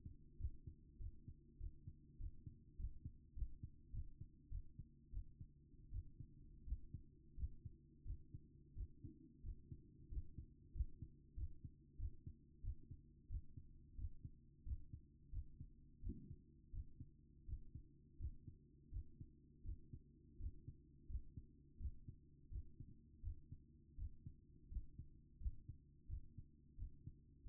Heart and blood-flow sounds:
heart sounds by stethoscope; 88 bpm
0.38 s: heartbeat
0.98 s: heartbeat
1.58 s: heartbeat
2.18 s: heartbeat
2.77 s: heartbeat
3.34 s: heartbeat
3.91 s: heartbeat
4.49 s: heartbeat
5.11 s: heartbeat
5.91 s: heartbeat
6.65 s: heartbeat
7.36 s: heartbeat
8.04 s: heartbeat
8.74 s: heartbeat
9.42 s: heartbeat
10.09 s: heartbeat
10.73 s: heartbeat
11.35 s: heartbeat
11.97 s: heartbeat
12.62 s: heartbeat
13.28 s: heartbeat
13.96 s: heartbeat
14.64 s: heartbeat
15.31 s: heartbeat
16.01 s: heartbeat
16.71 s: heartbeat
17.46 s: heartbeat
18.18 s: heartbeat
18.90 s: heartbeat
19.63 s: heartbeat
20.38 s: heartbeat
21.07 s: heartbeat
21.78 s: heartbeat
22.49 s: heartbeat
23.21 s: heartbeat
23.96 s: heartbeat
24.69 s: heartbeat
25.39 s: heartbeat
26.07 s: heartbeat
26.76 s: heartbeat
27.43 s: heartbeat
From the record:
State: at rest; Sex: female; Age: 27 years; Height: 169 cm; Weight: 63 kg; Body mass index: 22.06

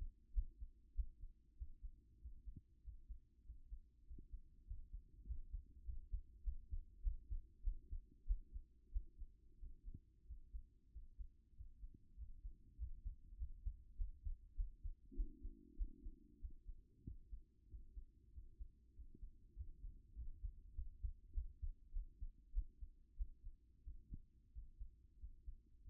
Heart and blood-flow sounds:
heart sounds by stethoscope; 97 bpm
0.33 s: heartbeat
0.94 s: heartbeat
1.57 s: heartbeat
2.20 s: heartbeat
2.83 s: heartbeat
3.44 s: heartbeat
4.05 s: heartbeat
4.66 s: heartbeat
5.25 s: heartbeat
5.84 s: heartbeat
6.43 s: heartbeat
7.02 s: heartbeat
7.62 s: heartbeat
8.25 s: heartbeat
8.91 s: heartbeat
9.58 s: heartbeat
10.26 s: heartbeat
10.91 s: heartbeat
11.55 s: heartbeat
12.16 s: heartbeat
12.77 s: heartbeat
13.37 s: heartbeat
13.96 s: heartbeat
14.55 s: heartbeat
15.14 s: heartbeat
15.76 s: heartbeat
16.39 s: heartbeat
17.04 s: heartbeat
17.68 s: heartbeat
18.32 s: heartbeat
18.94 s: heartbeat
19.55 s: heartbeat
20.15 s: heartbeat
20.74 s: heartbeat
21.32 s: heartbeat
21.91 s: heartbeat
22.51 s: heartbeat
23.15 s: heartbeat
23.83 s: heartbeat
24.51 s: heartbeat
25.18 s: heartbeat
25.83 s: heartbeat
From the record:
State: after exercise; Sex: female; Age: 28 years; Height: 167 cm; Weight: 60 kg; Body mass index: 21.51

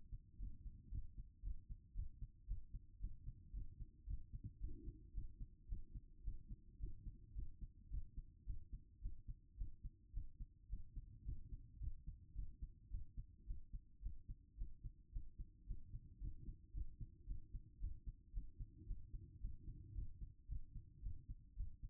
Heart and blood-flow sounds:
heart sounds by stethoscope; 111 bpm
0.37 s: heartbeat
0.89 s: heartbeat
1.41 s: heartbeat
1.93 s: heartbeat
2.45 s: heartbeat
2.98 s: heartbeat
3.51 s: heartbeat
4.05 s: heartbeat
4.58 s: heartbeat
5.12 s: heartbeat
5.67 s: heartbeat
6.22 s: heartbeat
6.78 s: heartbeat
7.33 s: heartbeat
7.88 s: heartbeat
8.44 s: heartbeat
9.00 s: heartbeat
9.55 s: heartbeat
10.11 s: heartbeat
10.67 s: heartbeat
11.23 s: heartbeat
11.78 s: heartbeat
12.33 s: heartbeat
12.89 s: heartbeat
13.45 s: heartbeat
14.00 s: heartbeat
14.56 s: heartbeat
15.10 s: heartbeat
15.65 s: heartbeat
16.18 s: heartbeat
16.72 s: heartbeat
17.25 s: heartbeat
17.78 s: heartbeat
18.31 s: heartbeat
18.85 s: heartbeat
19.39 s: heartbeat
19.92 s: heartbeat
20.46 s: heartbeat
21.01 s: heartbeat
21.54 s: heartbeat
From the record:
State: after exercise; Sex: female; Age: 36 years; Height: 178 cm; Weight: 74 kg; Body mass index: 23.36

